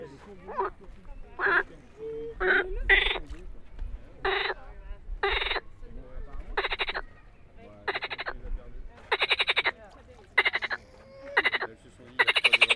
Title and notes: C'est la saison des amours au Jardin des Plantes de Paris. Les grenouilles rousses coassent coassent coassent. ..les mâles sont dans un tel état d'excitation